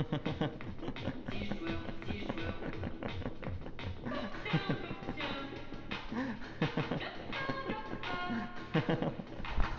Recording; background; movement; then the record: laughter; music; sitting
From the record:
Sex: male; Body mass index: 22.0 kg/m2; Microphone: on the chest, facing outward